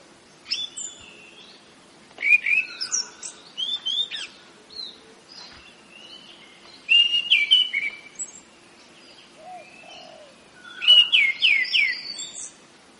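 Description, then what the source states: Orange-headed thrush song delivered in several dense bursts of fast, warbling notes and slurred whistles, with a constant low hum beneath. Rolling song style called ngeroll; bird named as the anis cendana type.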